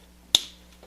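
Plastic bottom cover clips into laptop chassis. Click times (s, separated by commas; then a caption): 0.4 s. The plastic bottom cover of a Samsung Series 7 Ultra laptop is pressed back onto the chassis, starting at the back, so its clips snap in. A single sharp snap is heard at 0.4 s over low background hum, with faint softer ticks afterward. The clips seat and the cover is in place.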